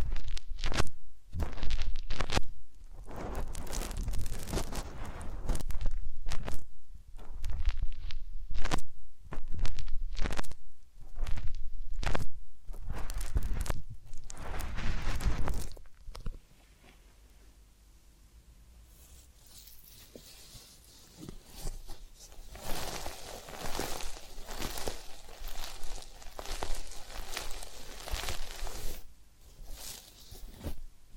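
Massage sounds: dense, irregular rubbing and crinkling strokes for fifteen seconds, then softer, quieter brushing and scratching with faint bright rustles.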